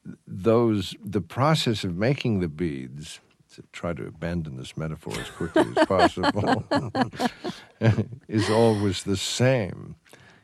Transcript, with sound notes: the process of making the beads to try to bend in this metaphor as quickly as possible...
(LAUGHTER)
...Is always the same.